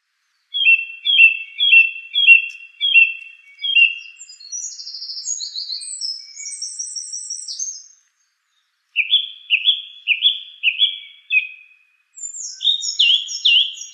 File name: suara kicauan burung song thrush. omkicau